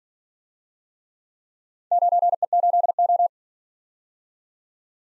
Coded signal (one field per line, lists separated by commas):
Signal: Morse code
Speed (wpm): 50 wpm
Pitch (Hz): 700 Hz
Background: none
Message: 9E8O